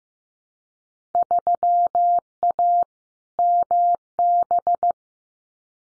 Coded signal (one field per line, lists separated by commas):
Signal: Morse code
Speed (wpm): 15 wpm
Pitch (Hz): 700 Hz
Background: none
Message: 3A MB